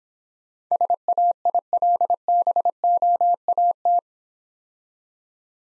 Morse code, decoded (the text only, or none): SAILBOAT